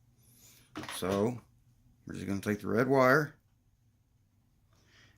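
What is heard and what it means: Someone talks while the red wire with its crimped pin is picked up and lined up before being shoved into a balance connector housing. Between the speech there is only a faint, steady low background hum. Nothing has seated or clicked yet.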